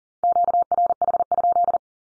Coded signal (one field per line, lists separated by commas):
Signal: Morse code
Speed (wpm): 40 wpm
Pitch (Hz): 700 Hz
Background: none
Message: QRH?